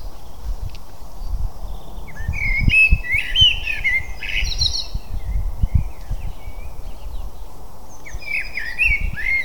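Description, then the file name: Eurasian blackbird song: warbled phrases, one longer burst in the first half and another near the end, over a steady low rumble. "Turdus merula"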